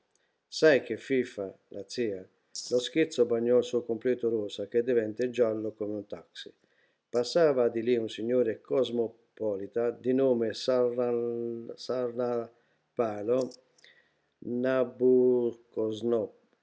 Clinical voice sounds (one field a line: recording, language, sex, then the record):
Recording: read passage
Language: Italian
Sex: male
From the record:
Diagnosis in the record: healthy control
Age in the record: 68 years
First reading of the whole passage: 59 s, 8.4 characters per second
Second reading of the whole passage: 56 s, 8.8 characters per second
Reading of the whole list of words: 34 s, 8.3 characters per second